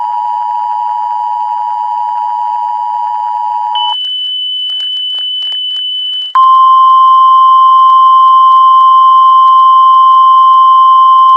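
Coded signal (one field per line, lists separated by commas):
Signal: Emergency Alert System (SAME) tones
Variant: 853 and 960 Hz attention tone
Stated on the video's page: Fake tornado warning recreation containing valid SAME tones.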